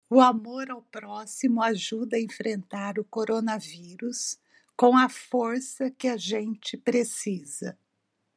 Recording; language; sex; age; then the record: spoken sentence; Brazilian Portuguese; female; 60 to 69 years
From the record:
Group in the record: control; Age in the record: 61 years